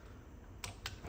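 A click torque wrench checks the torque on the 8mm bolts of a 4L60E transmission, giving two sharp clicks at 0.6 s and 0.9 s over a low steady background. The wrench clicks on both, and the bolts are confirmed good.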